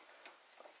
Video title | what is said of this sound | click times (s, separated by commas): Unboxing: HP Photosmart 5520 | that until it clicks you'll be able to hear it when you do and just | 0.3 s